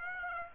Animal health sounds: mosquito wingbeat signal from an infrared sensor; Aedes aegypti

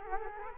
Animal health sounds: mosquito wingbeat signal from an infrared sensor; Culex quinquefasciatus

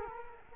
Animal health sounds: mosquito wingbeat signal from an infrared sensor; Culex quinquefasciatus

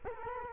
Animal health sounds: mosquito wingbeat signal from an infrared sensor; Culex quinquefasciatus

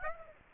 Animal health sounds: mosquito wingbeat signal from an infrared sensor; Aedes aegypti

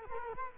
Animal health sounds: mosquito wingbeat signal from an infrared sensor; Culex quinquefasciatus

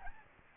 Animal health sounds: mosquito wingbeat signal from an infrared sensor; Aedes albopictus

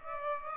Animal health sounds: mosquito wingbeat signal from an infrared sensor; Aedes aegypti

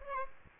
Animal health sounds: mosquito wingbeat signal from an infrared sensor; Aedes aegypti

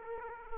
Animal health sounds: mosquito wingbeat signal from an infrared sensor; Aedes aegypti

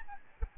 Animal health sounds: mosquito wingbeat signal from an infrared sensor; Aedes albopictus

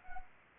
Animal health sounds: mosquito wingbeat signal from an infrared sensor; Anopheles arabiensis

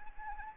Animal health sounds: mosquito wingbeat signal from an infrared sensor; Anopheles arabiensis

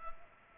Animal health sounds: mosquito wingbeat signal from an infrared sensor; Culex pipiens

